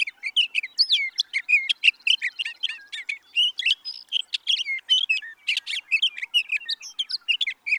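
Sage thrasher pouring out a quick, continuous warble of chirps, rising and falling whistled slurs and buzzy notes with hardly a break.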